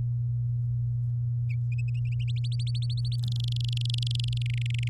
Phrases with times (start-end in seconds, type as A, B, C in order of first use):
2.27-3.16 A, 3.23-4.42 B, 4.46-4.88 C